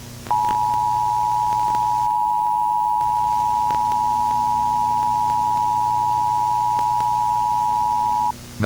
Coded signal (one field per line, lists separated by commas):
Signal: Emergency Alert System (SAME) tones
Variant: 853 and 960 Hz attention tone